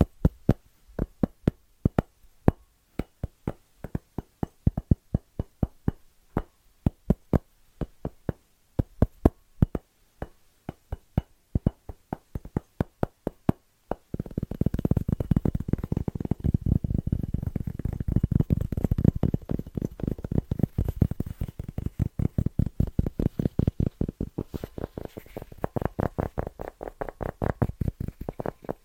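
Fast, rhythmic tapping: sharp, crisp taps land in quick irregular bursts over near silence for the first half. Around the fourteen-second mark a thick, low rumbling scratch fills in under the taps and runs steadily until the taps thin out near the end.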